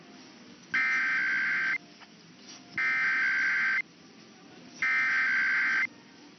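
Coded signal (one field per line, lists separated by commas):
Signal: Emergency Alert System (SAME) tones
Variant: header bursts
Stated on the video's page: Weekly EAS tests from AM broadcast stations.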